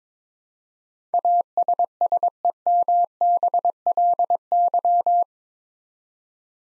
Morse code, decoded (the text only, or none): ASSEMBLY